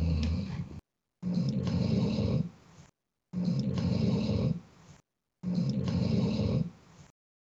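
Low, rattling snores repeat at about 30 a minute, each lasting just over a second and fading at the end, separated by near-total silence. The pattern is ordinary snoring during sleep.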